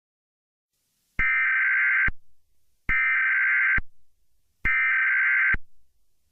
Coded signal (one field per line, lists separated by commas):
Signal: Emergency Alert System (SAME) tones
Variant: header bursts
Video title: EAS Scenario: Pop Max Shutdown